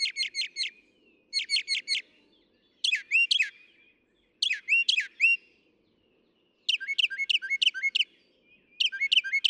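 Northern mockingbird singing varied phrases: quick groups of four chirps, then fuller slurred notes, each phrase type given more than once before changing.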